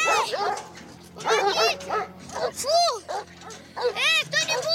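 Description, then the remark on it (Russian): Dogs run out at a gate that someone has climbed, barking and yelping excitedly in rapid, overlapping bursts, their high, whining yips rising and falling loudly throughout with only brief gaps between outbursts. “выбегают собаки.”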